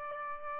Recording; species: mosquito wingbeat signal from an infrared sensor; Aedes albopictus